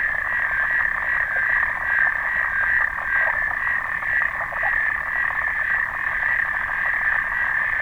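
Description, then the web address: Clawed frog calling, a dense, rapid metallic clicking trill held steady throughout, with faint pulsing swells in loudness, no other sounds clear. "sounds xenopus"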